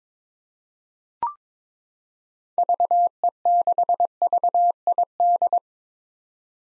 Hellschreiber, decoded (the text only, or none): none